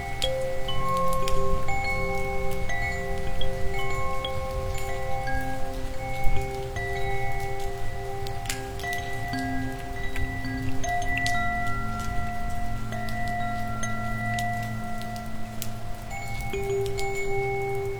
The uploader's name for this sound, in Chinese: 冷雨夜风铃清幽